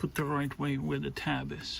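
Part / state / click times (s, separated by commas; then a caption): high beam bulb into its wiring harness connector / not seated / none. A new high beam bulb for a 2008 Lexus ES350 is lined up with its notch aligned to the tab and is about to be pushed down into its wiring harness connector. Only someone talking is heard. Nothing has seated or clicked yet.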